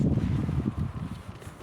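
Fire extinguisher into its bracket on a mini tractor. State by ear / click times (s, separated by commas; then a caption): not seated / none. A fire extinguisher is being handled as it is fitted into its bracket on a mini tractor. Low rumbling and rustling handling noise fades gradually over about 1.7 seconds. The extinguisher has not yet seated or clicked into the mount.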